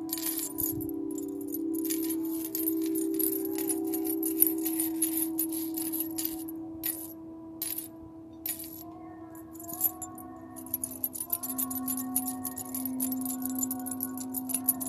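Tibetan singing bowls hum steadily underneath, a low sustained tone that shifts pitch slightly around the middle and again near the end, with fainter ringing overtones above. A gypsy bracelet jangles in bright, bursts of shimmering metal nearly throughout, pausing briefly now and then.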